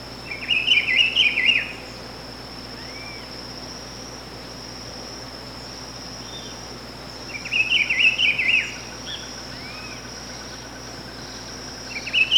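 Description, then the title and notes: Rufous-browed Peppershrike song: loud warbled phrases near mid-high pitch, each about one and a half seconds, repeated roughly every six to seven seconds over a steady high insect drone. Call (pio). "Áudio do pio do pitiguari. Fonte: WikiAves."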